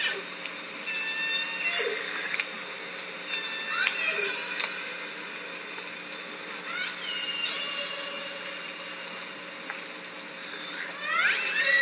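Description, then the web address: Killer whale calls underwater: several harmonic calls and upswept squeals, with sharp clicks over a steady background hiss. Southern Resident killer whales recorded at Lime Kiln in June; catalogued calls. "SRKW call-catalog Orca Calls Lime Kiln June"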